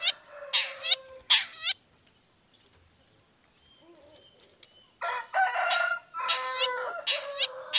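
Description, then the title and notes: Long-tailed shrike giving harsh, nasal, harmonic-rich calls in bursts, then a quiet gap, followed by a loud run of grating, chattering notes. Long-tailed shrike's lively morning song with 'toet toet' variation, played to provoke other shrikes into responding quickly. "Cendet Gacor Dor Di Kala Pagi Toet Toet Variasi Suara. Cendet Gacor Langsung Nyaut Emosi Hanya dengan Sekali Putar Bikin Cendet Lainya Cepat Respon Bunyi. Burung cendet"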